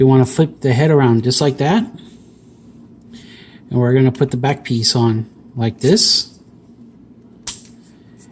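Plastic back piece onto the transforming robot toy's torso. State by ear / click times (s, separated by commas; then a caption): seated / 7.5 s. Someone talks while the plastic back piece of a Perfect Effect PC-17 upgrade-kit cab robot for a Combiner Wars Ultra Magnus transforming robot toy is pressed onto the figure's torso. A single loud, sharp snap at 7.5 s marks the back piece seating in place.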